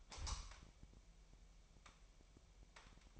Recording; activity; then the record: daily activity, microphone in the room; light on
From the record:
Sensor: 1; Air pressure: 1001.9 hPa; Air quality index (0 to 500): 246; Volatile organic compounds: 50 ppm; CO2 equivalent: 3296 ppm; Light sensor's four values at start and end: 5/11/4/5 and 14/45/18/19